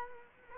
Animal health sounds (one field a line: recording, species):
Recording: mosquito wingbeat signal from an infrared sensor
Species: Culex quinquefasciatus